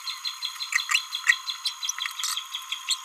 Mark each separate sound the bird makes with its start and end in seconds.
0.89-0.99, 1.27-1.33, 2.89-2.94